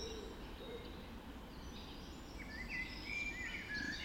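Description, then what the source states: Birds calling at dawn, faint high twitters building to clearer whistled, slurred notes in the last second and a half, over low rumbling noise. Dawn chorus recorded just after dawn in the Forest of Dean.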